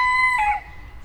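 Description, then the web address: Rooster crow fragment, a sustained harmonic note that breaks and slides downward before fading out. Captive rooster recorded in a zoo farmyard in Nyíregyháza in 2010. "allathangok nyiregyhazizoo 2010 parasztudvar kakastyukfacan"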